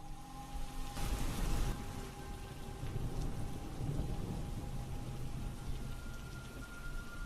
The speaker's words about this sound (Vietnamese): Tiếng mưa rì rào trên mái tôn.